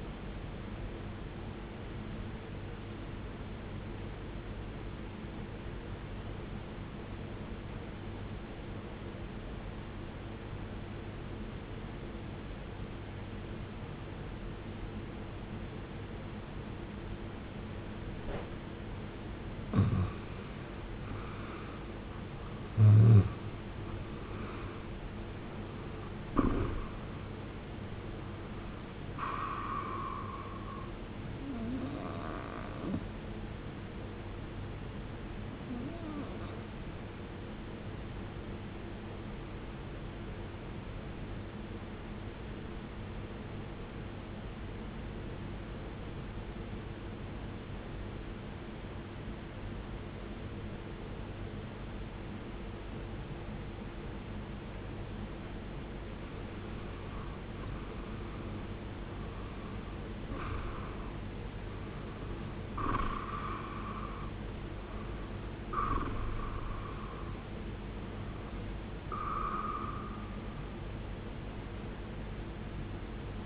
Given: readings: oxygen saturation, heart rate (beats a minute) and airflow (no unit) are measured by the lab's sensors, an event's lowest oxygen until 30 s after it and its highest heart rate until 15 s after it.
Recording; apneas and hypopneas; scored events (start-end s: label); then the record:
breathing in sleep by a voice recorder at the bedside; 2
5.00-22.80 s: obstructive apnea (N1, oxygen 93% highest, then 91% lowest, heart rate 69 at the start, 74 highest)
6.00-73.46 s: new sleep stage, REM sleep
42.00-56.50 s: obstructive apnea (REM, oxygen 93% highest, then 90% lowest, heart rate 69 at the start, 72 highest)
From the record:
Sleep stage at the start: N1 (lightest sleep); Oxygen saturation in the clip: 89 to 96%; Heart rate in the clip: 58 to 74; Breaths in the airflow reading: 11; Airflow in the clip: -16.6 to 18.8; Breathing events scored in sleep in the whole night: 389 in 6.3 hours asleep